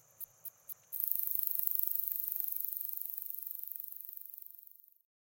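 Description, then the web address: Slender meadow katydid song: three quick high ticks, then a long, very high, steady pulsing buzz for about four seconds that fades and stops. "The Songs of Insects. Slender Meadow Katydid"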